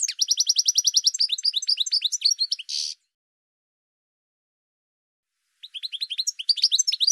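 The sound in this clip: Bird song, a fast repeated high chirp series ending in a buzzy burst, a long pause, then another chirping phrase.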